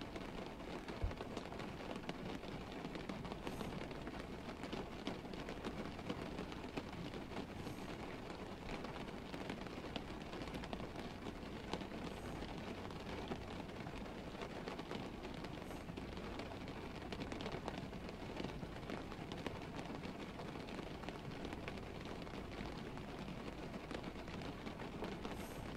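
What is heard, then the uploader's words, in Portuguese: A rainy night: dense, steady rain falls throughout, a constant hiss with fine patter and drips spread evenly across the 26 seconds. A low rumble runs underneath, possibly a passing vehicle or faint thunder, and the level never rises or falls much. Dormindo em uma noite chuvosa.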